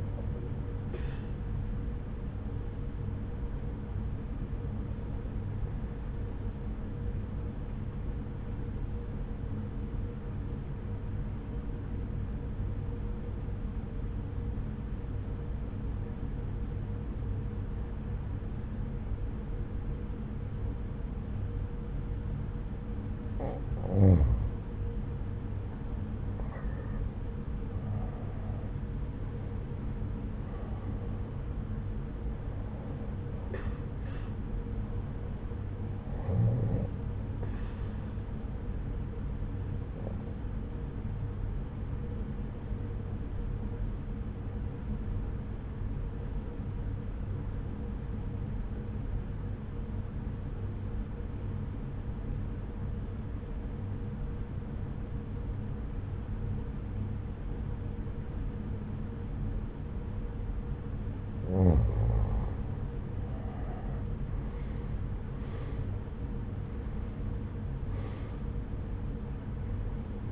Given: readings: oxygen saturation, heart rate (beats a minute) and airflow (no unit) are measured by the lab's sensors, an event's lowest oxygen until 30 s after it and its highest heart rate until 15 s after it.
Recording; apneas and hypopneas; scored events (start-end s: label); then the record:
breathing in sleep by a smartphone at the bedside; 2
9.00-25.70 s: obstructive apnea (N1, oxygen 93% highest, then 86% lowest)
45.00-63.00 s: obstructive apnea (N1, oxygen 94% highest, then 84% lowest)
From the record:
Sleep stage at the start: N1 (lightest sleep); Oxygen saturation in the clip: 86 to 94%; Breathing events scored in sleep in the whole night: 303 in 8.1 hours asleep